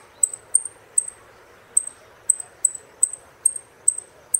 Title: Jilguero Argentino